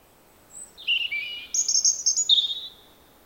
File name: Robin